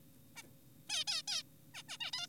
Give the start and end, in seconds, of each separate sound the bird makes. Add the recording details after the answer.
0.36-0.42, 0.90-1.04, 1.08-1.22, 1.28-1.43, 1.74-1.83, 1.89-1.98, 2.00-2.11, 2.13-2.27. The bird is an adult. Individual g4p5U